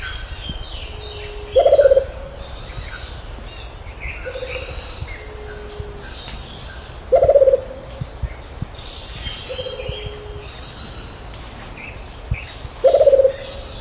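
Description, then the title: Rufous-capped motmot call: three short, low, quavering hoots several seconds apart, with softer low whistled notes and other bird calls between. "LuckyPassaro Completos2Sama. Rufous-capped Motmot (Baryphthengus ruficapillus)"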